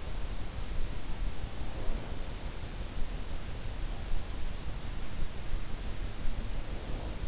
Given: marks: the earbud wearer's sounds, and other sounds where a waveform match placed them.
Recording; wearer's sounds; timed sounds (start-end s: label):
sounds in sleep by an in-ear microphone; snoring breath
1.64-2.16 s: snoring breath
6.56-7.27 s: snoring breath